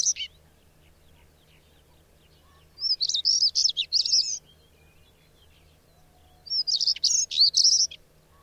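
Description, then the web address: Bird song: lively phrases of rapid, high sweeping notes and trills with a few seconds of silence between, a faint hum running throughout. "madarak enek"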